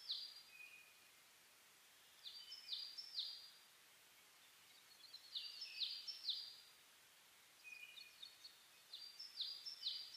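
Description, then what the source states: Bird song: short phrases of high, falling whistled notes repeat every few seconds, each followed by a brief silence. Dawn chorus (reimei) of birdsong (saezuri), 10 May 2010, 04:01, recorded with a DH-D50.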